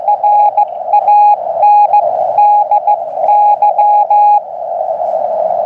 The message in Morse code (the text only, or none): RANDY